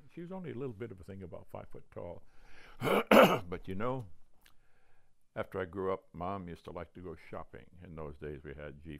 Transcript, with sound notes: She was only a little bit of a thing, about five foot tall. [clears throat] But, you know, after I grew up Mom used to like to go shopping. In those days, we had G.